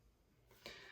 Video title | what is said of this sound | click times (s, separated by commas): CVA Scout Pistol 6.5 Grendel Review and Load development | all in all me it's got a very positive click | 0.7 s